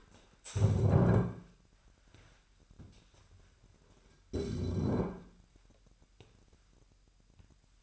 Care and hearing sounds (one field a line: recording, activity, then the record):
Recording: daily activity, microphone in the room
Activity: stand up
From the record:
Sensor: 2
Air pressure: 998.3 hPa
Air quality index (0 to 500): 128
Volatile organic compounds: 3 ppm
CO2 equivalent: 1451 ppm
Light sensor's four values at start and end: 6/15/6/7 and 4/9/4/5